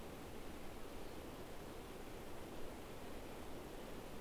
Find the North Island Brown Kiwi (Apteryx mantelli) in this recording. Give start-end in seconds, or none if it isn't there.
none